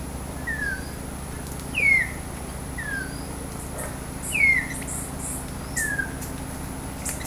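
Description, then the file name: Bird call, a thin descending whistled note repeated five times at irregular intervals of one to two seconds, against constant low background hum. "SABIOD 50 bird 2015"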